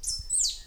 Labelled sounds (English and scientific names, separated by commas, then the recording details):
Stitchbird (Notiomystis cincta) song
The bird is a male
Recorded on Tiritiri Matangi Island, New Zealand, in 2005
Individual 4, of nest box 4